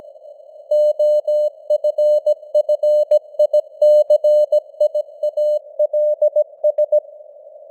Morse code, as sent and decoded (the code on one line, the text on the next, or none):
--- ..-. ..-. .. -.-. .. .- .-.. ...
OFFICIALS